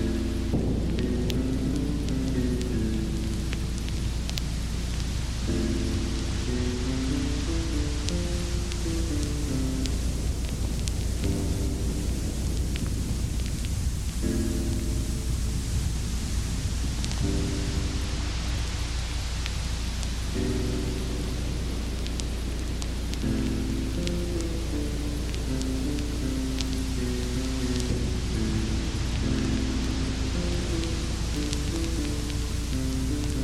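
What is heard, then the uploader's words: Gentle piano melodies play over a steady, dense hiss of rain and a constant low rumble. The piano moves in short mid-range phrases, pausing briefly around 5, 14 and 20 seconds before resuming, while the rain stays even throughout. Thunder & Piano.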